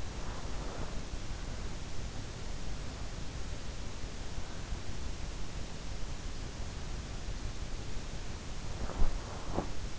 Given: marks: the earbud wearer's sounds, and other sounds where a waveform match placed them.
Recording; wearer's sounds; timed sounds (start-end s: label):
sounds in sleep by an in-ear microphone; breath, body movement
0.00-1.06 s: breath
8.32-9.99 s: body movement